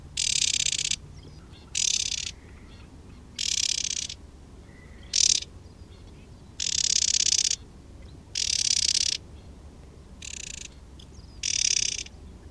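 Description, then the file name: White-eye alarm call: eight rasping, buzzy scolding bursts of uneven length, some clipped short, spaced irregularly over twelve seconds in an otherwise quiet background. "suara alarm warbler kacamata"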